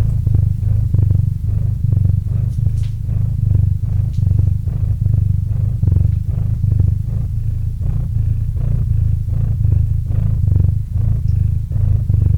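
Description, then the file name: Cat purr, loud and constant low rumble with quick rhythmic breath pulses and occasional faint clicks. Domestic cat named Murchik purring into a microphone. "Kot Murchik - Murchanie kota kot murchal v mikrofon"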